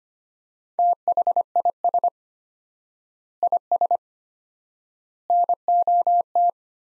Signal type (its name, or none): Morse code